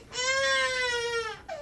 The sound of a baby with colic is worse.